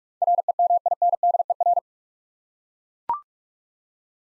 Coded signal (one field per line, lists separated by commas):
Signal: Morse code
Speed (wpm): 41 wpm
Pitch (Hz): 700 Hz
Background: none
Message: REMINDER